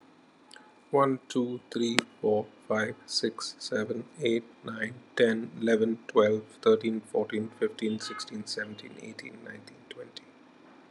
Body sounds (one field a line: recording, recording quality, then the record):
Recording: counting at a normal pace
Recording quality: excellent, no background noise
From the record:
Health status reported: COVID-19 positive, mild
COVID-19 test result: positive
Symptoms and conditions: muscle pain, loss of smell and taste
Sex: male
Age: 34 years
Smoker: not ticked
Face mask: not worn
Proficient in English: yes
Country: India